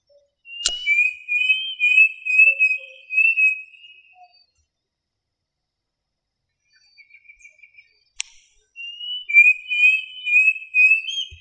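Bird song in two bursts of bright, high whistled phrases with a sharp click between them and a short run of faint rapid notes in the gap.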